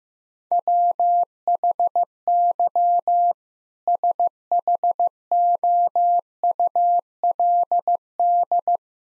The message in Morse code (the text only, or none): WHY SHOULD